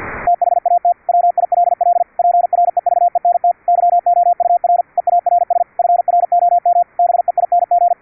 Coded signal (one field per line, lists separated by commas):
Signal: Morse code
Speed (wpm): 50 wpm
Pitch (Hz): 700 Hz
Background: radio noise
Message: THAT WILL PREVENT YOUR EARS FROM BEING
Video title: QUISK SDR APP for VLF RF over ip on MUMBLE - CW at 10 Khz with QUISK SDR RCVR has several advantages